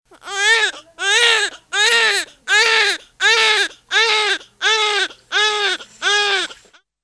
Baby crying sound.